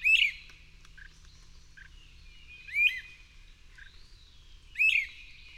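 Bird song: three bright chirped phrases with a fast upward flick, two to three seconds apart, and soft short notes between them.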